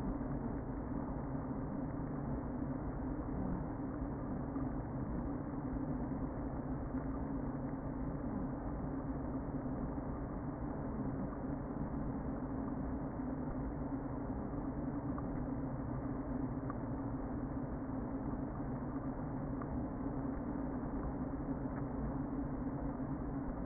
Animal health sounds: honeybee colony, microphone inside the hive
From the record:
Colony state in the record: queen present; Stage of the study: before two queens were removed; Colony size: about 60,000 bees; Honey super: yes

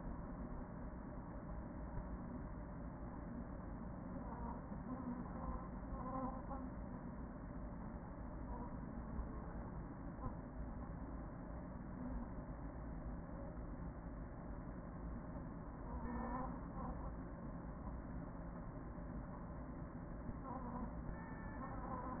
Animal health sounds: honeybee colony, microphone inside the hive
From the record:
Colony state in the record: queen present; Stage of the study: after two queens were removed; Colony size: about 40,000 bees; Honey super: no

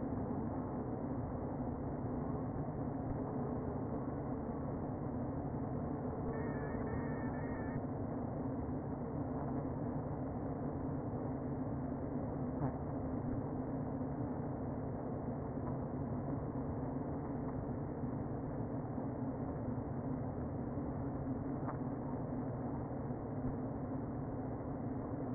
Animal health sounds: honeybee colony, microphone inside the hive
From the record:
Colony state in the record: queen present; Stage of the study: before two queens were removed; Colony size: about 60,000 bees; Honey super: yes

